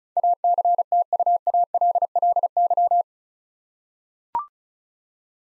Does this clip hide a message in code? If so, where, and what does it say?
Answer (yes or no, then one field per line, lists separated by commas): yes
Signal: Morse code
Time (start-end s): 0.2-3.0 s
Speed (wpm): 34 wpm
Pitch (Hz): 700 Hz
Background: none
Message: ACTUALLY